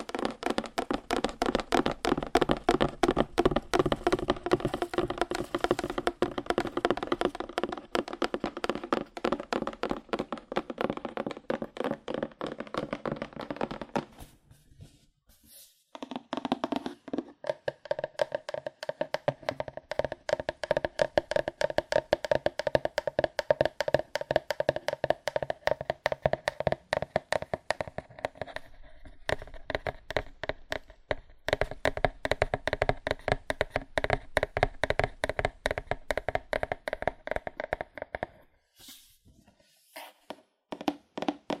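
Fast, aggressive tapping on cardboard, with dense hollow knocks coming in quick, uneven bursts. The rapid taps run almost without pause, stopping briefly around 14 to 16 seconds and again near 38 seconds before resuming at the same busy pace.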